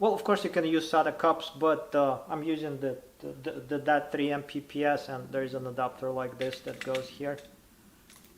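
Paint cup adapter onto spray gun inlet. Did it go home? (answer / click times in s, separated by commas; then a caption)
yes / 8.1 s. A plastic adapter for disposable paint cups is fitted onto a spray gun's inlet while someone talks. Once the speech stops, one short, quiet click is heard at 8.1 seconds as the adapter locks in place.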